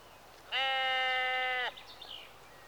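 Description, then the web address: Sheep bleat: one steady, rich, harmonic bleat lasting about a second. Sheep in a rural outdoor setting in the early evening, recorded mid-close. "BBC Sound Effects Library. Sheep Early Evening-Mid Close"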